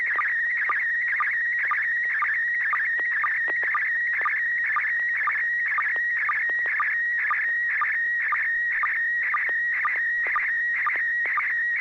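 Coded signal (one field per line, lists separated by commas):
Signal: SSTV (slow-scan television)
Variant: PD120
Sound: warbling tone around 1.9 kHz with regular short lower chirps, steady rhythm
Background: low hum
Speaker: go ahead and send a picture when you're ready Joel thank you in 6mf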